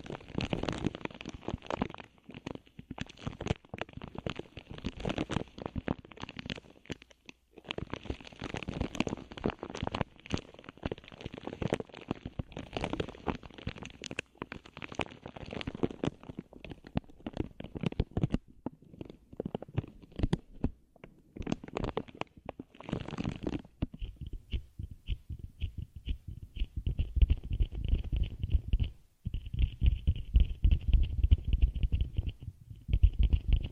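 Ear cleaning sounds made of dense, fast tapping and scratching fill the first twenty-three seconds, with brief gaps near 7 and 20 seconds. After that the texture shifts to a deeper, rumbling rub with a thin steady hiss above it, growing louder toward the end.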